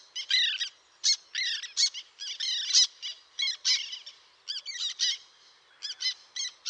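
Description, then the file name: Black tern giving harsh, squeaky chattering calls in short bursts, several notes overlapping irregularly with brief pauses between groups. "rybitwaczarna"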